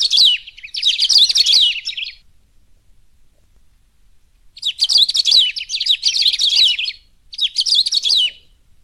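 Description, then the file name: Saffron-billed sparrow giving rapid, scratchy twittered phrases in quick succession, falling silent for over two seconds, then resuming with more bursts. "canto do batuqueiro"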